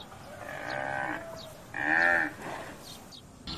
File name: Tieng nghe keu